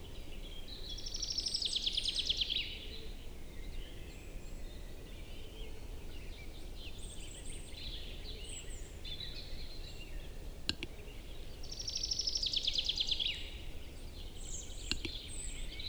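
A displaying capercaillie cock in a spring forest, with two bright, scraping rattled phrases at about 1–3 and 12–13 seconds and single sharp pops near 11 and 15 seconds. Softer high bird calls come and go over a steady low rumble.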